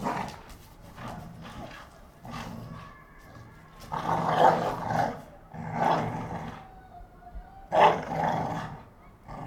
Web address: NS Studios - ultra sound collection animals dogs - Pit bull Tessa Pit bull Bahko fight 1